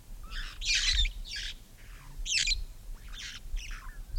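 Red-fronted parrot squawks, several quick coarse screeches in a row, each short and rasping.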